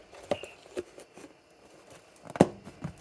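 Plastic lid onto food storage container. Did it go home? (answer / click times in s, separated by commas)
no / none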